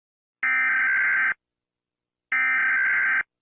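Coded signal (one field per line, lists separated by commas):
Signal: Emergency Alert System (SAME) tones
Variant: header bursts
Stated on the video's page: Fictional EAS scenario, not a real alert.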